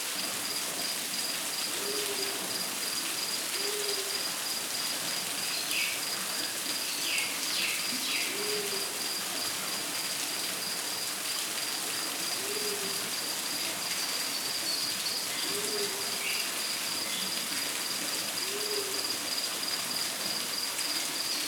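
Rainforest ambience with a steady, dense hiss like rain and a thin high insect whine running throughout. A low, soft hooting call repeats every few seconds, often in pairs, and faint bird chirps flicker in briefly around the middle.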